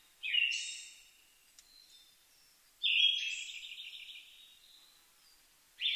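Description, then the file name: Siberian thrush singing a clear whistled phrase that trails into a long, buzzy high tremolo, then starting again; soft bird notes fill the gaps. Recorded 2 July 2011 at 05:51. "mamijiro-20110702-0551"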